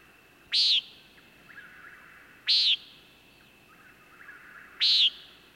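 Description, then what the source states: Common Nighthawk giving loud nasal peent calls, three notes spaced about two seconds apart, with faint softer birdsong and a steady hum between. Nasal peent calls given in flight while circling above a southern pine wood at night; chuck-will's-widows singing in the background.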